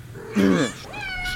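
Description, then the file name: Domestic cat giving a single short meow, followed by a fainter, thin tonal call near the end. Contented cat meowing and being affectionate. "Koshka dovolno myaukaet murlychet i laskaetsya"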